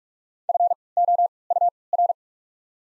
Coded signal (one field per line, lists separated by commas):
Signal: Morse code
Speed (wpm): 44 wpm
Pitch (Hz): 700 Hz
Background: none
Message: F O U R